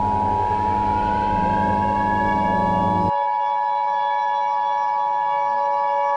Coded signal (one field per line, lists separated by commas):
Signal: Emergency Alert System (SAME) tones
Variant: 853 and 960 Hz attention tone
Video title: EAS Scenario #15 - Eclipse